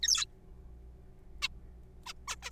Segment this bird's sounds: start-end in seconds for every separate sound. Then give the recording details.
0.03-0.25, 1.42-1.48, 2.06-2.12, 2.28-2.35, 2.43-2.50. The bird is a juvenile. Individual R3428